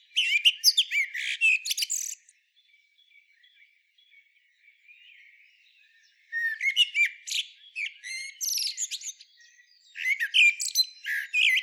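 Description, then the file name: Common blackbird twittering calls: bursts of high, scratchy chirps and rapid squeaky notes, a long quiet gap with faint thin notes, then two more busy bursts. "Turdus merula"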